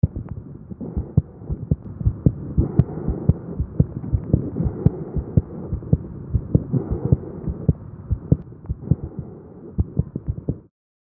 Lung sounds as heard over the central thorax, where they are called bronchial breath sounds. Louder on inspiration than expiration, lower pitched than in the trachea, and softer than tracheal breath sounds.